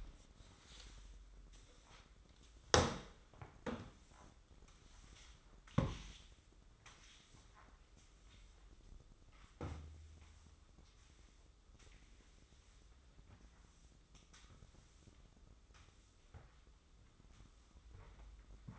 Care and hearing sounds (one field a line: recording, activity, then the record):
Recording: daily activity, microphone in the room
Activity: sweep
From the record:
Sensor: 3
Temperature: 24.5 degrees Celsius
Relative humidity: 30.4%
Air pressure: 995.9 hPa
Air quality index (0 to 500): 94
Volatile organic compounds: 12 ppm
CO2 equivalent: 2355 ppm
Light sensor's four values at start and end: 28/82/35/31 and 26/81/34/29